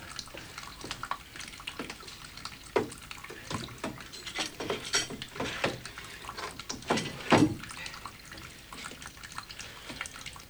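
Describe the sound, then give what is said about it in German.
Water runs from a kitchen tap in a steady, soft hiss, broken by irregular splashes and drips that spatter louder now and then. The sound stays fairly quiet throughout, with no voices. “Dreht den Wasserhahn ab.”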